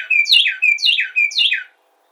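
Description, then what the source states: Carolina wren song, three loud repeated phrases, each a bright whistled note dropping into a rich slurred tumble, delivered in quick succession, then silence. Recorded 7 January 2007.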